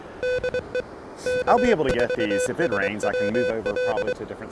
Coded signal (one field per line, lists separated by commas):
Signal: Morse code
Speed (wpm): 23 wpm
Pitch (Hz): 500 Hz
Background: speech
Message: DE K4SWL